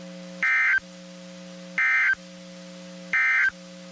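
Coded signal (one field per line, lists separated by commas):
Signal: Emergency Alert System (SAME) tones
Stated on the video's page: Severe thunderstorm and flash flood alerts received on weather radio stations WXK35, WXK36 and KWN34.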